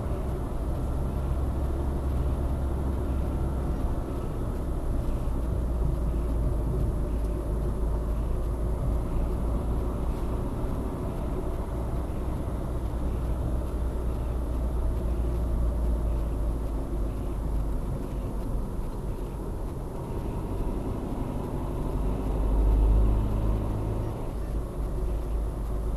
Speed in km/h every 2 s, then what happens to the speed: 74, 74, 70, 63, 63, 61, 67, 59, 55, 51, 51, 52, 52.
2-6 slows to 63. 6-15 steady at about 63. 15-18 slows to 51. 18-26 steady at about 51.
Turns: none.